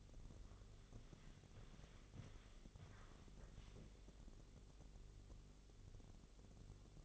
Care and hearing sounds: daily activity, microphone in the room; walk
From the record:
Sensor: 4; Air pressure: 1001.2 hPa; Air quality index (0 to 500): 173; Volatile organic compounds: 2 ppm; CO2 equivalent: 1244 ppm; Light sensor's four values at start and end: 13/31/12/12 and 13/31/12/12

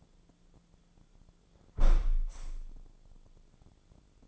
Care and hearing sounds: daily activity, microphone in the room; close window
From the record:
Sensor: 5

